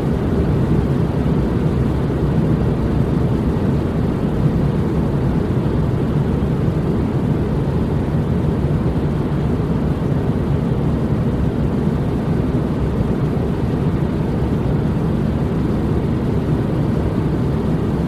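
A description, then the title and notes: Inside an airplane cabin, a steady, dense low roar holds constant throughout, deep and rumbling with a softer hiss above it. White Noise from Inside an Airplane Cabin.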